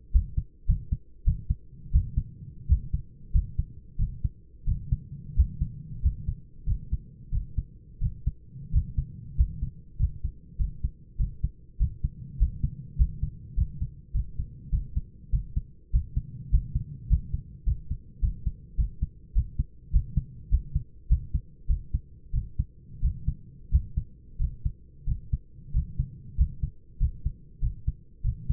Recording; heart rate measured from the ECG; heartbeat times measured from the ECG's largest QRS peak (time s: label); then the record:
heart sounds by stethoscope; 96 bpm
0.13 s: heartbeat
0.67 s: heartbeat
1.25 s: heartbeat
1.92 s: heartbeat
2.68 s: heartbeat
3.33 s: heartbeat
3.98 s: heartbeat
4.66 s: heartbeat
5.36 s: heartbeat
6.02 s: heartbeat
6.66 s: heartbeat
7.31 s: heartbeat
8.01 s: heartbeat
8.72 s: heartbeat
9.37 s: heartbeat
9.98 s: heartbeat
10.58 s: heartbeat
11.18 s: heartbeat
11.79 s: heartbeat
12.39 s: heartbeat
12.97 s: heartbeat
13.56 s: heartbeat
14.13 s: heartbeat
14.71 s: heartbeat
15.31 s: heartbeat
15.92 s: heartbeat
16.51 s: heartbeat
17.09 s: heartbeat
17.65 s: heartbeat
18.21 s: heartbeat
18.77 s: heartbeat
19.34 s: heartbeat
19.92 s: heartbeat
20.50 s: heartbeat
21.08 s: heartbeat
21.67 s: heartbeat
22.32 s: heartbeat
23.01 s: heartbeat
23.71 s: heartbeat
24.38 s: heartbeat
25.06 s: heartbeat
25.73 s: heartbeat
26.37 s: heartbeat
26.99 s: heartbeat
27.61 s: heartbeat
28.23 s: heartbeat
From the record:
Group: healthy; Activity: rest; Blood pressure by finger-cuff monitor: 136/68 mmHg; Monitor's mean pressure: 88 mmHg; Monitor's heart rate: 93 bpm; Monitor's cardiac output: 10.4 L/min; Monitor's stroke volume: 111 mL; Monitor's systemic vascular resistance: 610 dyn s/cm5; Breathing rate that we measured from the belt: 17 breaths a minute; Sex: male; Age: 24 years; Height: 184 cm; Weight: 89 kg